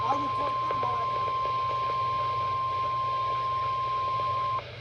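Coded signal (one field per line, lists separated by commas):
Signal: Emergency Alert System (SAME) tones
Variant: 1050 Hz attention tone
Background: speech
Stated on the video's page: Real EAS alerts received on FM radio and an internet radio station.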